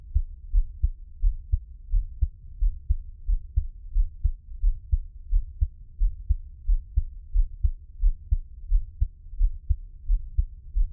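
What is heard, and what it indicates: Steady, low, muffled thumps repeat at about 88 beats a minute in a regular rhythm. It is an adult's own heartbeat heard close up for Taiwanese ASMR, with no talking and only a faint low hum behind it.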